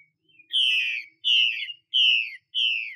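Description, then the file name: Chinese hwamei song of four loud, rich, downslurred whistles spaced about two-thirds of a second apart, after a faint soft note. Female bird. "Tieng chim hoa mi mai xuy"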